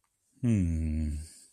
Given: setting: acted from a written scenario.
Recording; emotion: vocal sound without words; confusion